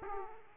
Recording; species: mosquito wingbeat signal from an infrared sensor; Aedes aegypti